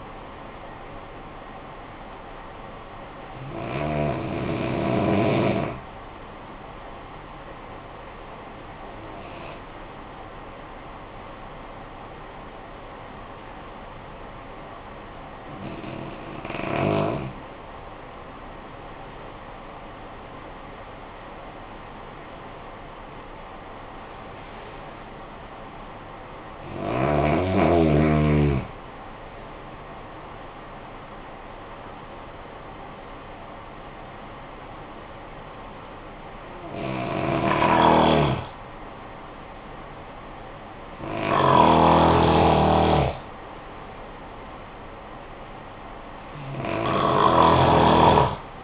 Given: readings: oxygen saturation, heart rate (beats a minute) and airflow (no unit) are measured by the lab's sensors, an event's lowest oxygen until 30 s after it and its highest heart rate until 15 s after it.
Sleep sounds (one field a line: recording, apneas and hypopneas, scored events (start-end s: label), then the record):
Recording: breathing in sleep by a voice recorder at the bedside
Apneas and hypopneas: 1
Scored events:
3.00-18.10 s: hypopnea (N2, oxygen 94% highest, then 87% lowest, heart rate 55 at the start, 68 highest)
16.00-48.64 s: new sleep stage, N1 (lightest sleep)
From the record:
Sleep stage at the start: N2 (light sleep)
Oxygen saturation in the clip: 87 to 95%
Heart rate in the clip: 50 to 68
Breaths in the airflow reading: 8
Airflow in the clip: -16.9 to 14.3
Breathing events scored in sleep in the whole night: 445 in 7.6 hours asleep